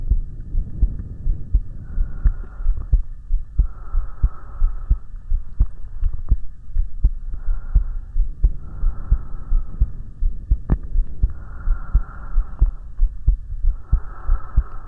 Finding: HeartBeat with Breathing.